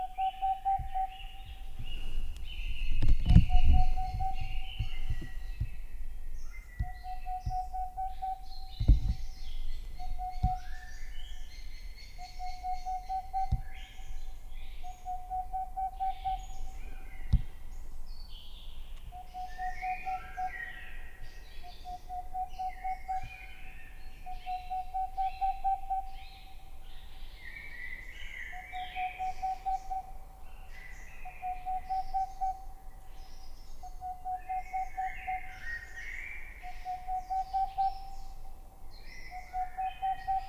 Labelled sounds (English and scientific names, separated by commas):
Boreal Owl (Aegolius funereus)